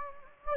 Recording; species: mosquito wingbeat signal from an infrared sensor; Anopheles gambiae